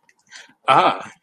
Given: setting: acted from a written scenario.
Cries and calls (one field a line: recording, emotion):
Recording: vocal sound without words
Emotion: positive surprise